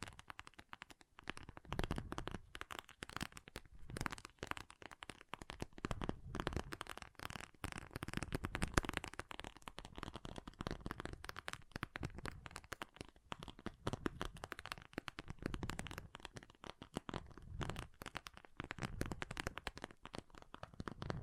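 Water beads clatter and patter continuously for the whole stretch, a dense rain of tiny clicks and soft rattles. The texture stays fairly even, with small swells in loudness every few seconds as the beads shift and tumble against each other.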